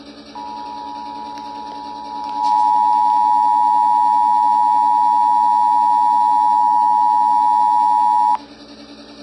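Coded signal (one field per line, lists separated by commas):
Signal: Emergency Alert System (SAME) tones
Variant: 853 and 960 Hz attention tone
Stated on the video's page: Fictional EAS scenario, not a real alert.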